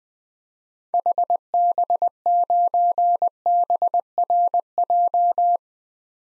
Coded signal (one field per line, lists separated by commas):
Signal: Morse code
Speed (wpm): 20 wpm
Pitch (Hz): 700 Hz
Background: none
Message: HB9BRJ